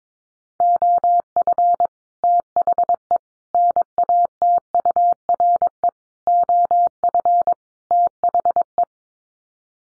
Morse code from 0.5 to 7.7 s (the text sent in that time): OF THE NATURE OF